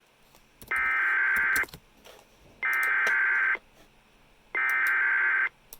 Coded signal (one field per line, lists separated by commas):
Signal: Emergency Alert System (SAME) tones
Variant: header bursts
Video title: EAS 2221 IMMEDIATE EVACUATION FOR WASHOE, NV